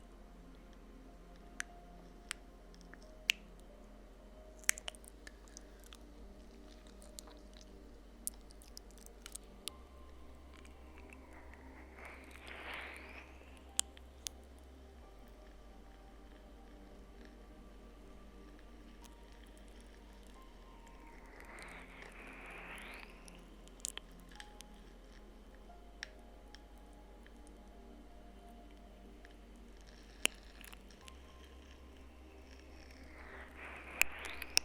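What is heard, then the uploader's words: Slow ear licks and kisses, with soft wet squishing swells around 11–14, 21–24 and 31–35 seconds. Between them come sparse, sharp little clicks and smacks over a quiet, steady hum, and a low drone switches on and off in blocks. ASMR Slow Ear LicksKisses.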